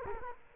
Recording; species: mosquito wingbeat signal from an infrared sensor; Culex quinquefasciatus